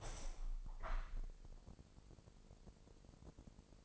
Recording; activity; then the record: daily activity, microphone in the room; open window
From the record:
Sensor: 5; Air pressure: 999.9 hPa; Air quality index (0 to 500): 245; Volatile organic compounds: 33 ppm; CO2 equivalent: 3018 ppm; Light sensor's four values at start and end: 34/80/32/31 and 35/80/32/31